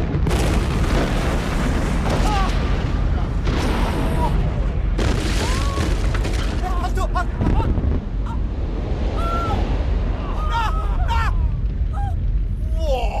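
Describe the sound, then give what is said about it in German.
A mountainside blown into the air by an explosion rolls on as a dense, roaring, thunderous rumble that stays loud and steady for the whole stretch, with scattered voices of people at a cemetery crying out above the din. “Die Friedhofsleute sehen also den Hang in die Luft steigen, bevor sie den Knall hören.”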